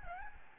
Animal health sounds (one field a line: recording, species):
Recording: mosquito wingbeat signal from an infrared sensor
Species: Aedes albopictus